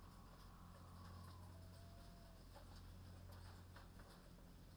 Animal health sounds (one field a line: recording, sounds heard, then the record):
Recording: poultry house recording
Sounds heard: healthy chickens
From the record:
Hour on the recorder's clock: 21